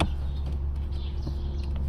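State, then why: Not seated. On a 2002 Honda Accord V6 during a cabin air filter change, the plastic upper lid of the HVAC evaporator case is positioned tongue up and hooked onto the case edge, lined up for pressing home. A steady low hum runs throughout, with a brief sharp sound at the start and a faint tick near 1.8 s. Nothing has seated or clicked yet.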